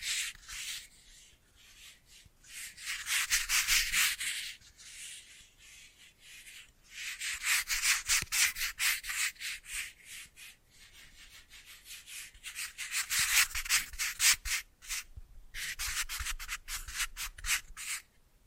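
Bracelets and jewelry boxes are handled with quick, bright rubbing and scraping strokes, almost like sanding. The strokes come in dense, rapid bursts of a few seconds each, separated by brief quieter pauses, with little low sound underneath.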